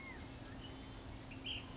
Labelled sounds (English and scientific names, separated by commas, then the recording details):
Ash-throated Flycatcher (Myiarchus cinerascens)
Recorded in Sonoma County, California